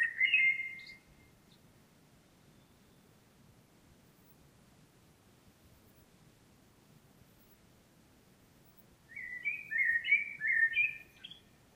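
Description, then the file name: Common blackbird: a short fluty phrase at the start, a long quiet pause, then a fuller warbled phrase of several quick notes. "Turdus merula"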